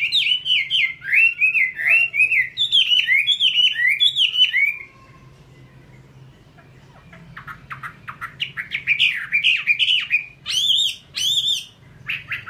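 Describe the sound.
Chinese hwamei song, a run of looping whistled phrases, a pause of near silence, then repeated rising notes resuming strongly.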